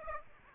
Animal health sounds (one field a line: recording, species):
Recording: mosquito wingbeat signal from an infrared sensor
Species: Aedes aegypti